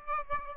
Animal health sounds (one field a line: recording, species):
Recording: mosquito wingbeat signal from an infrared sensor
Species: Aedes aegypti